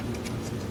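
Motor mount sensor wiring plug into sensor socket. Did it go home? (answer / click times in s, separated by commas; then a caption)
no / none. The wiring plug for the motor mount sensor on a 2007-2010 Audi A8 Quattro is being handled and pushed toward its sensor socket, with a steady low hum and faint soft rustling and no sharp hits. The plug has not seated or clicked yet.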